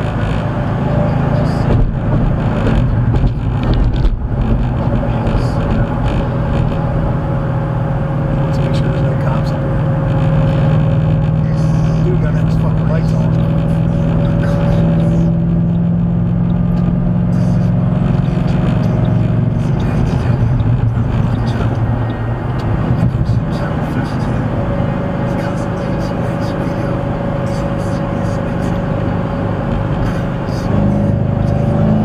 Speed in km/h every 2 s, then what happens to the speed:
106, 106, 101, 98, 98, 98, 101, 105, 109, 113, 114, 105, 101, 101, 101, 101.
0-10 slows to 98. 10-18 speeds up to 113. 20-23 brakes to 101. 23-32 steady at about 101.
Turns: none.